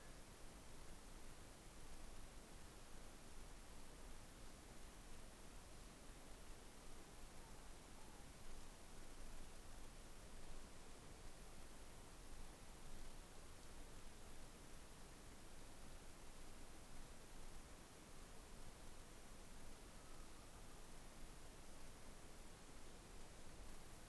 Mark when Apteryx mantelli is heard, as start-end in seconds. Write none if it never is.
none